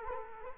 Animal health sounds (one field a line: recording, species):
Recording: mosquito wingbeat signal from an infrared sensor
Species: Culex quinquefasciatus